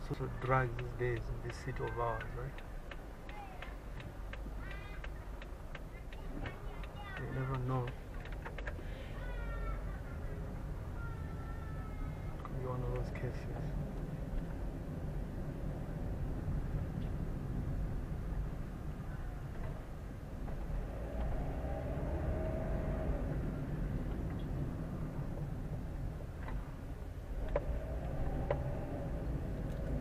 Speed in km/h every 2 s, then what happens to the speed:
7, 5, 6, 7, 10, 11, 14, 17, 17, 11, 12, 20, 16, 10, 17.
0-6 steady at about 6. 6-14 speeds up to 17. 14-19 slows to 11. 19-22 speeds up to 20. 22-26 slows to 10. 26-30 speeds up to 17.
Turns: none.